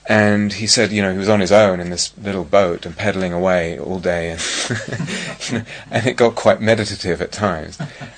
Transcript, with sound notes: And he said, you know, he was on his own in this little boat, and pedalling away all day, and... [laughs] and it got quite meditative at times.